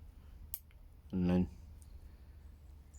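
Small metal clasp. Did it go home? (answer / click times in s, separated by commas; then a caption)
yes / 0.5 s. A watch bracelet's spring-loaded button clasp is closed by clipping one side in first and bringing the other side up until it snaps shut. A sharp click is heard at 0.5 s, and someone briefly talks afterward. The clasp is locked closed.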